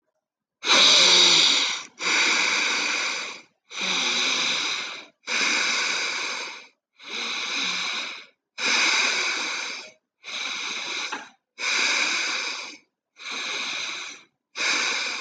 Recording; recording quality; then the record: deep breathing; excellent, no background noise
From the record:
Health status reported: healthy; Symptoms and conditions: breathing difficulty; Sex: male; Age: 18 years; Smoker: not ticked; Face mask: not worn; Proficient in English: yes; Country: India